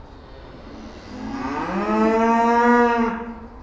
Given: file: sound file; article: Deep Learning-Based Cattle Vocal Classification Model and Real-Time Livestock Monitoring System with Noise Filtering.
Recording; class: cattle; food anticipating call